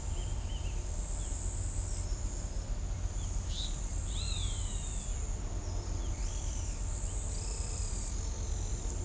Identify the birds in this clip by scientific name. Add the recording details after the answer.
Rupornis magnirostris, Atalotriccus pilaris, Dendroplex picus. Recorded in shrubland near Pivijay, Magdalena, Colombia, on 1 June 2023 at 08:00. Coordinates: 10.453, -74.365. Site P5-G022